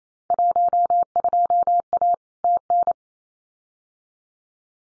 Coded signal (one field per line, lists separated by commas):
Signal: Morse code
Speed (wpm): 28 wpm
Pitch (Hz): 700 Hz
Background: none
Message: 12A TN